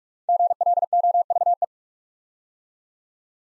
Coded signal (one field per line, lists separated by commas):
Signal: Morse code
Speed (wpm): 48 wpm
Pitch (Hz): 700 Hz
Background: none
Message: GLOVE